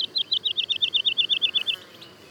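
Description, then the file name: Woodlark song phrase: a quick, regular series of about fifteen mellow, slurred notes, fading at the end. Daytime song and duet of woodlarks, Le Puech, France. "alouette lulu chant de jour et duett Le Puech F"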